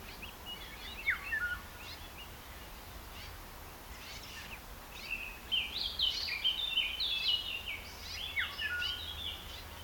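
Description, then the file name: Red-backed shrike giving scratchy, chattering notes in irregular bursts, early and again later, over steady background noise. "tovisszuro-gebics-hangja -tovisszuro-gebics-Lanius-collurio"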